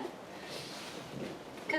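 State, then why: Seated. One side of a new leather rear seat cushion is pushed down into its floor retaining clip during installation. After a stretch of low, steady rustling, a single sharp snap rings out at 1.7 s. That side of the cushion is seated in the clip.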